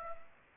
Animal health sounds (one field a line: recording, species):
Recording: mosquito wingbeat signal from an infrared sensor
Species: Aedes aegypti